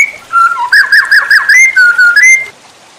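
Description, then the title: White-rumped shama giving mellow whistles and a rapid series of slurred notes, ending in a rising whistle. Masteran training recording for cage birds, titled Labaik. "MURAI BATU LABAIK"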